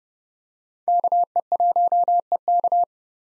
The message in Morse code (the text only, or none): KE1EK